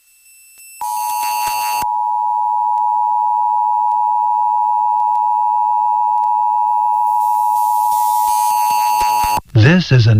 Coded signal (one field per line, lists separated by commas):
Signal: Emergency Alert System (SAME) tones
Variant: 853 and 960 Hz attention tone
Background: speech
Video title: NATIONAL EAS TEST OCTOBER 4 2023 AS SEEN AND HEARD IN LAREDO, TX + ALERT IN SPANISH (EAS #99-107)